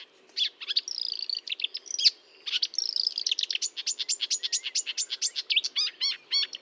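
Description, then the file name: Marsh warbler pouring out a busy song of whistles, harsh chatters and clicking notes, ending in a rhythmic run of sharp chirps. Recorded 1 June 2022 at 10:55, Fontaine-Française (Fourneau), France; Nagra recorder with Telinga. "Rousserolle verderolle 1055 Fontaine-Francaise-Fourneau"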